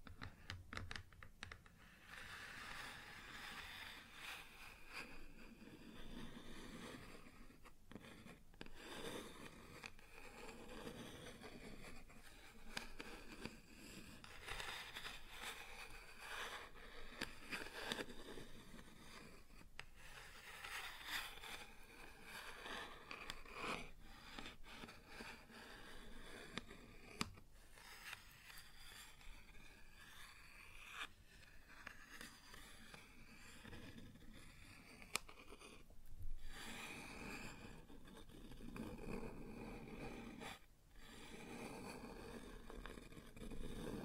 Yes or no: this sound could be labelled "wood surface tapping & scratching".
yes